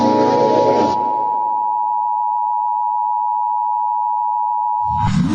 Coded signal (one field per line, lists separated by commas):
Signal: Emergency Alert System (SAME) tones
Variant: 853 and 960 Hz attention tone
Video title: EAS Scenario #33 Halloween Remaster (18+) CONTAINS JUMPSCARES